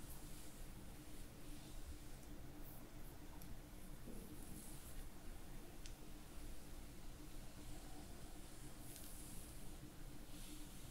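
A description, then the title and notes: Steady scratching and rustling on skin and hair fills the whole stretch, a dense low rumble with soft bursts of brighter scraping that come and go every second or two. Loudness holds level throughout, with a faint hum underneath. ASMR Back & neck scratching + hair play triggers.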